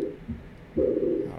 A decrescendo diastolic murmur. The quality of the murmur is what we call a blowing murmur.